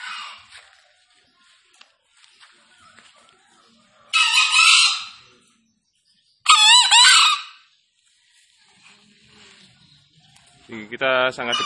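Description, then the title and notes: Green junglefowl crowing, two harsh hoarse bursts a couple of seconds apart, each about a second long, followed by a different lower harmonic call at the end amid faint background noise. Wild green junglefowl, a released bird calling loudly from a tree; used as a lure for junglefowl. "Panggilan Ayam Hutan Liar. Ayam Hutan Hijau Dilepas Bebas n Bunyi Gacor Diatas Pohon. Pemikat Ayam Hutan"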